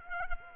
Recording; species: mosquito wingbeat signal from an infrared sensor; Culex quinquefasciatus